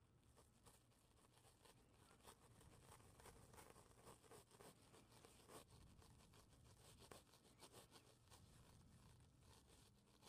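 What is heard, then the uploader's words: Latex gloves rub and crinkle in a continuous, dense rustle that fills the whole ten seconds. Short snapping and stretching sounds break through often and irregularly, with sharper ones near five and a half and seven seconds, over a steady low rumble. ASMR personal attention with latex gloves.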